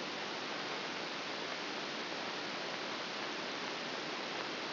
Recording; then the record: brain microelectrode recording played as sound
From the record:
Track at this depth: inside the subthalamic nucleus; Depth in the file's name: 0.041 mm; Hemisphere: right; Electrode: 2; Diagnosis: Parkinson's disease